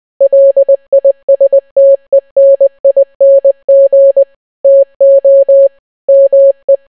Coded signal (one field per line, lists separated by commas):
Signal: Morse code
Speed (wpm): 20 wpm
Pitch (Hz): 550 Hz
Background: none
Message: LISTENING TO ME